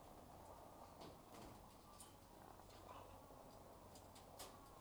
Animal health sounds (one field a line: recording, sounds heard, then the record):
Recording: poultry house recording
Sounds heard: sick chickens (respiratory disease)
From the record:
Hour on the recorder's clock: 12